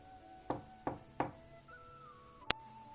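Three soft, evenly spaced knocks on the door of Professor Tề Thiên Dương's office, then a quiet pause with a faint steady hum, ending with one sharp, brief click.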